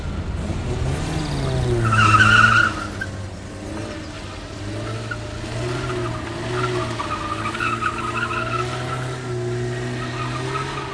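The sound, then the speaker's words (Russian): A car engine drones steadily at speed while tires squeal sharply through a turn, a bright screech peaking early before the motor settles into a sustained hum. “Ехали долго, с большой скоростью. Еще несколько резких поворотов, фары погасли, и машина, пройдя немного тихим ходом, остановилась.”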